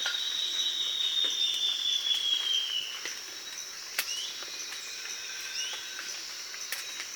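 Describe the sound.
Bird giving a long, thin whistled note that slowly falls in pitch over about three seconds, over a steady high insect hum and faint ticks.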